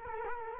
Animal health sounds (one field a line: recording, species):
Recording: mosquito wingbeat signal from an infrared sensor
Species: Culex quinquefasciatus